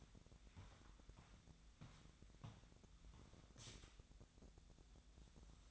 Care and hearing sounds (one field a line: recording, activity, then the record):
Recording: daily activity, microphone in the room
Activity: walk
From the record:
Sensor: 3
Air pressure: 1012.1 hPa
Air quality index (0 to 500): 187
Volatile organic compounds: 3 ppm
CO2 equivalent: 1431 ppm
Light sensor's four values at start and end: 50/130/57/59 and 50/130/57/60